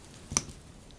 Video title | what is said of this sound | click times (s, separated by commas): Austroflamm Combustor Motor Bearing Replacement | I put it on top of there and I just push down until I hear that snap ring click hopefully | 0.4 s